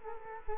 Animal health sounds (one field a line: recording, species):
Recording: mosquito wingbeat signal from an infrared sensor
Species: Culex quinquefasciatus